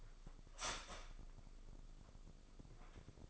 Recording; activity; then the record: daily activity, microphone in the room; start toaster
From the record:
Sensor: 5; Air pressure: 995.4 hPa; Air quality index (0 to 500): 107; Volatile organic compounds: 8 ppm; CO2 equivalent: 2071 ppm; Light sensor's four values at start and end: 34/81/33/33 and 34/82/33/33